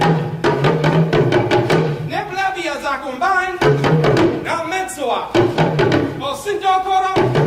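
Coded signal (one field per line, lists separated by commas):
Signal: talking drum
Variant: Dagomba luna, Ghana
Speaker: if you don't understand the language you don't know but I'm speaking a musical poetry that says something about tradition tradition is given to our grandparents they pass it to our parents they pass it on to us and it is our responsibility to pass it on to the next Generation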